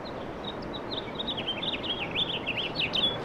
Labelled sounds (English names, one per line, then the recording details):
House Finch song
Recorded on Long Island, New York, on 18 April 2012
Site GC
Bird C